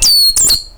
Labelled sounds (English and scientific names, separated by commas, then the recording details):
Stitchbird (Notiomystis cincta) song
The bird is a male
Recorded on Tiritiri Matangi Island, New Zealand, in 2005
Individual 22, of nest box 31